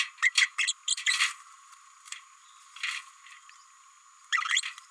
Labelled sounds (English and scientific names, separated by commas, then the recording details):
Green-rumped Parrotlet (Forpus passerinus) babbling
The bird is a female
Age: 29 days
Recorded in a nest box in Venezuela
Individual 17B32A5